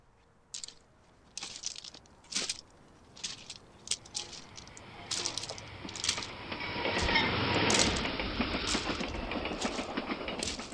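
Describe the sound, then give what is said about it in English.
A train rolls along railroad tracks, scattered clacks and rattles at first, then a broad, loud roar that swells to a peak and holds steady as it passes. “Later, I went out to the train tracks.”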